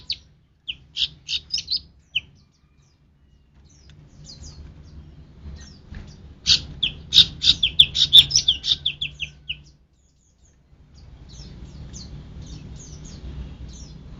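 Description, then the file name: Cucak rante song with short chirp groups, a long rich twittering burst in the middle, then a pause and low background noise. "cucak rante mas"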